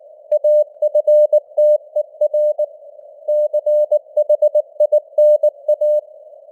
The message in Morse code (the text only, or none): AFTER CHINA